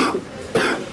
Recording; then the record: coughing mixed with background sound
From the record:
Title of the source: Coughing 77